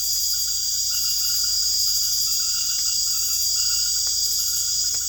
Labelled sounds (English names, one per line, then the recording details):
none
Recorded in secondary vegetation near Puerto Asís, Putumayo, Colombia, on 22 December 2024 at 19:00
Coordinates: 0.488, -76.319
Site GP04